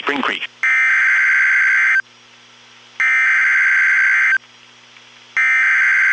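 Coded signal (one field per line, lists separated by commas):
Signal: Emergency Alert System (SAME) tones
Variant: header bursts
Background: speech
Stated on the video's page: Real NOAA Weather Radio alerts from Nashville, Tennessee, during a flood and tornado outbreak.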